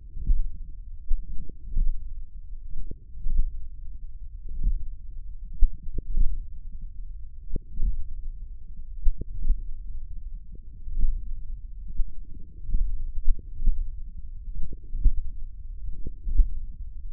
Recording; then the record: forearm muscle sounds (acoustic myography)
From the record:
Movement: hand closing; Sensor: system 1, eight BSWA MPA416 microphones around the upper forearm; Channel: 8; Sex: male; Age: 54 years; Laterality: right